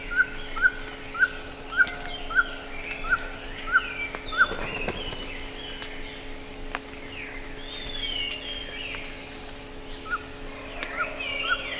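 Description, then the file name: Bird calls: brisk chirps repeated about every half second for four seconds, then sparse, with a background chorus of warbling birds and a low hum. "SABIOD 50 bird 2015"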